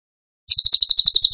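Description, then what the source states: Bird song: after a short silence, a short burst of around a dozen rapid, clipped high notes starting abruptly. Masteran training recording; song in the tembakan gacor style.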